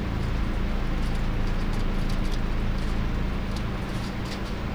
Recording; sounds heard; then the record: poultry house recording; no chicken sound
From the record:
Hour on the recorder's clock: 21